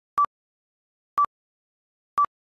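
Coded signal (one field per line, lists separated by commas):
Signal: none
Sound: answering machine beep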